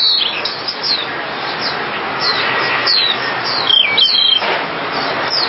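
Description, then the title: Java sparrow chirps: quick, irregular downslurred high notes several times a second, with a brighter cluster near four seconds, over background hiss. "kicau gelatik"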